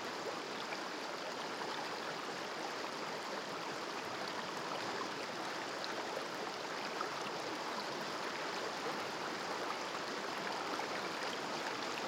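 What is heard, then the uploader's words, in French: Rushing water, like a torrent or cascade, pours steadily for the whole stretch. The roar is dense and even, full through the middle and upper range with a fine hiss on top, with no pauses or distinct events and almost no low rumble. Presque rien > Islande.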